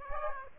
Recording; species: mosquito wingbeat signal from an infrared sensor; Aedes aegypti